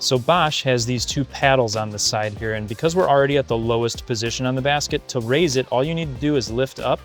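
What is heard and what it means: Someone talks while handling the upper rack of a Bosch dishwasher, which has two paddles on the side for its height adjuster on the side rails; the rack sits at its lowest position and is about to be lifted by hand to raise it. Nothing has seated or clicked yet.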